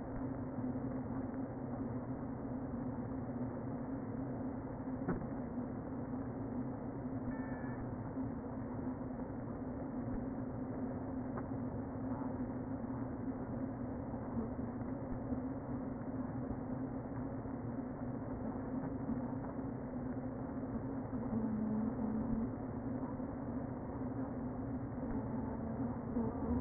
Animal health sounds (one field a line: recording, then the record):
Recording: honeybee colony, microphone inside the hive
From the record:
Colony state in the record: queen present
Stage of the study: before two queens were removed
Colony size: about 60,000 bees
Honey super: yes